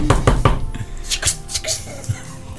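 A door sound effect: three quick, firm knocks in a rapid burst, followed by a few softer scattered thuds and faint clatter trailing off.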